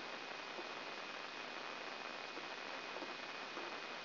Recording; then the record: brain microelectrode recording played as sound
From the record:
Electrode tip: inside the subthalamic nucleus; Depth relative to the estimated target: 1 mm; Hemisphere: right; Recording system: AlphaMap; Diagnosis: Parkinson's disease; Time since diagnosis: 9 years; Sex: male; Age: 53 years